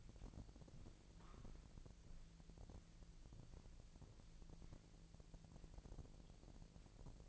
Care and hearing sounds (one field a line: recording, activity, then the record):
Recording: daily activity, microphone in the room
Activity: walk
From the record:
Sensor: 5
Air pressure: 1002.2 hPa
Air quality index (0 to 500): 238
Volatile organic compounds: 26 ppm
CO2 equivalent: 2862 ppm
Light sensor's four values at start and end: 31/74/31/33 and 31/74/31/33